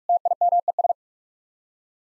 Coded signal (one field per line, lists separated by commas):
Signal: Morse code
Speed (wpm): 46 wpm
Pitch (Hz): 700 Hz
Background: none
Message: TIMES